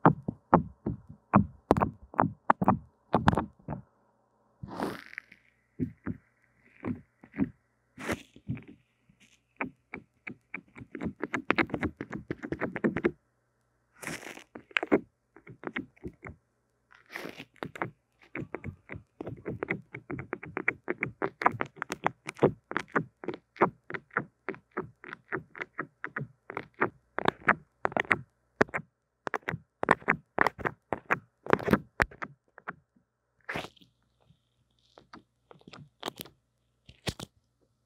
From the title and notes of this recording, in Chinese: 刷刷&敲敲線麥。Brain Tingling Brushing & Tapping。